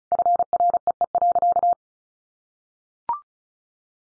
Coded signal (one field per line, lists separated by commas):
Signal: Morse code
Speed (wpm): 34 wpm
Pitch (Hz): 700 Hz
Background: none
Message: FREE.